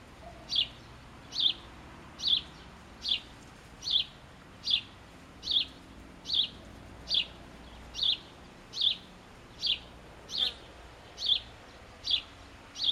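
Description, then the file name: House sparrow calling with sharp, high chirps in an even series, about one every 0.8 seconds, against a quiet background. "Passer domesticus"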